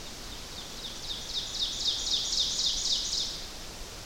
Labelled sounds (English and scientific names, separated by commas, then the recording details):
Ovenbird (Seiurus aurocapilla) song
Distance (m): 40 m
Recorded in boreal forest in Alberta, Canada, on 12 June 2016 at 07:16
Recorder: SongMeter 3, array SBT-3-18
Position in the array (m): 240 m, 83 m
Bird 31